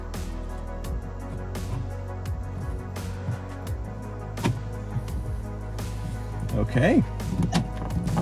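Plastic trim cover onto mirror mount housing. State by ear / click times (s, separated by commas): seated / 7.4 s, 7.9 s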